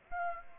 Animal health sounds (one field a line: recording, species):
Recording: mosquito wingbeat signal from an infrared sensor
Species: Aedes aegypti